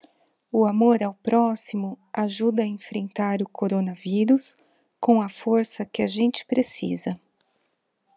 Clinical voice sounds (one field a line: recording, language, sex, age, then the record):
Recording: spoken sentence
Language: Brazilian Portuguese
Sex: female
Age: 40 to 49 years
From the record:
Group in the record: control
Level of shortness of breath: 0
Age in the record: 40 years